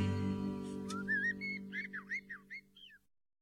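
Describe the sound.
Blackbird song: a short run of mellow, fluty whistled phrases, warbling and then falling in quick separate notes, over a steady low hum.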